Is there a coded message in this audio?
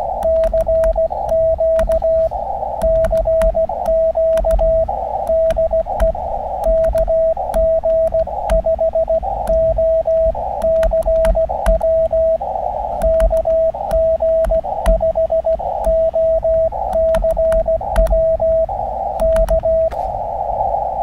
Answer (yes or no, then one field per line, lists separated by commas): yes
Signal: Morse code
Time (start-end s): 0.2-19.9 s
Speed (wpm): 17 wpm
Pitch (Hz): 650 Hz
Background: radio noise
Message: CQ CQ DE KG5OCW KG5OCW K